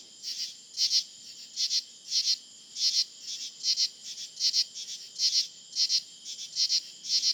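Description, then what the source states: Insects calling in loud, high buzzy bursts, many of them doubled, repeated steadily over a fainter continuous hiss. Insect chorus recorded in July.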